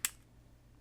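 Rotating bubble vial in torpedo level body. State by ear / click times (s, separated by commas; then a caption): seated / 0.1 s. The rotatable bubble vial of a PREXISO 2-in-1 line laser level, a 3-3/4 inch plastic mini torpedo level with magnetic base, is turned until it clicks into its 45 degree detent on the other side. A single short, bright click sounds at 0.1 s, followed by near silence. The vial seats in the detent.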